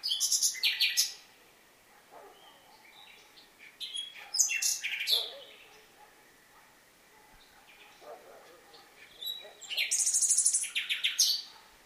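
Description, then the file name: Common nightingale song: loud, rapid trilled and buzzy phrases in three bursts, separated by quieter, softer notes and short pauses. "Luscinia megarhynchos"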